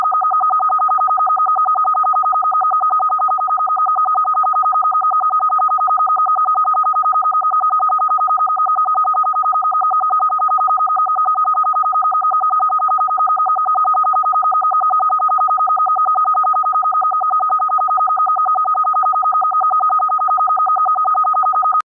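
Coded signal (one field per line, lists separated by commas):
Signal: RTTY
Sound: fast, regular warbling between two close tones, continuous for the whole clip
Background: radio static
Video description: A strange FSK transmission consisting of alternating mark & space tones, which I think could translate as RYRYRY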